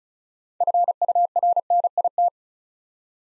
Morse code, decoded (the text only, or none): FURNIT